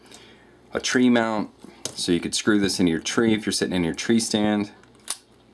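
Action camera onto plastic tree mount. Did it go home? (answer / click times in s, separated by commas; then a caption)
yes / 5.1 s. Someone talks while an action camera is put onto a plastic screw-in tree mount. The camera snaps on with a loud plastic click at 5.1 seconds and is seated in place.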